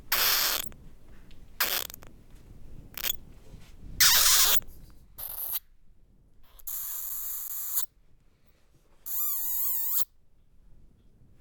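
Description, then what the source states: Bat squeaks among loud hissing bursts, with one clear wavering harmonic squeal near the end, rising and falling rapidly for about a second. Several bats squeaking inside a small cave.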